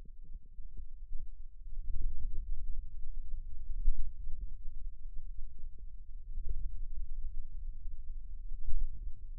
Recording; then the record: forearm muscle sounds (acoustic myography)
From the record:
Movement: pen grasping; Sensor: system 2, bracelet of six BSWA MPA416 microphones around the upper forearm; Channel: 1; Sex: male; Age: 22 years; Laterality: right